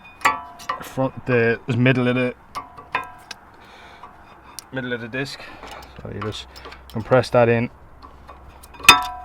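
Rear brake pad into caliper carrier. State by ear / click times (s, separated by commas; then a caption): seated / 8.9 s. A metal rear brake pad with retaining springs on a Mk4 VW Caddy is compressed into the caliper carrier toward the middle of the brake disc while someone talks. Small metallic ticks and scrapes accompany the fitting. A sharp, loud snap at 8.9 s marks the pad popping into place, seated.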